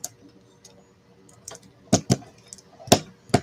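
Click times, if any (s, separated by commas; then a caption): none. A driver unscrews a small screw holding a knife's aluminum handle scales. It slips, and the screw head strips. Sharp metallic ticks and clinks ring out at about 0.1, 1.9, 2.1, 2.9 and 3.3 seconds over a quiet background, and nothing has seated or clicked.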